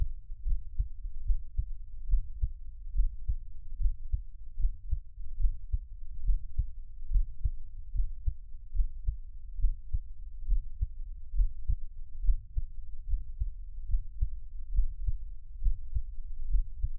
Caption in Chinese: 台灣ASMR | 獻上我的心跳 | Give my Heartbeat | NO Talking。